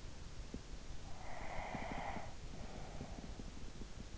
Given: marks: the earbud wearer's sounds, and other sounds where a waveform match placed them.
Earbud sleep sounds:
sounds in sleep by an in-ear microphone; breath
0.67-3.66 s: breath

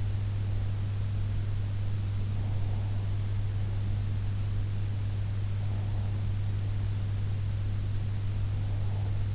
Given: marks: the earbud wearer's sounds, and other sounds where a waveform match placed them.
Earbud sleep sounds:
sounds in sleep by an in-ear microphone; breath
2.42-3.10 s: breath

